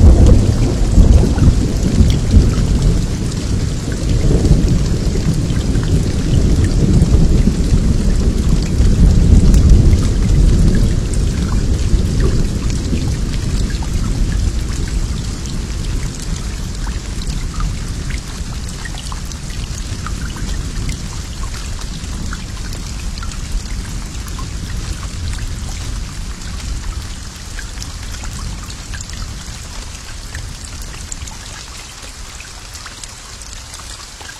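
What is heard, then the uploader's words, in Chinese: A thunderstorm with steady rain hissing throughout. A deep rumble of thunder fills the low end for the first ten seconds or so, then slowly rolls away, leaving the rain softer and more even through the rest of the clip. 3D版超逼真助眠雷雨。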